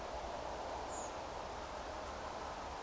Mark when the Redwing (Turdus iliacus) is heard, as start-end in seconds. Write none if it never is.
0.88-1.09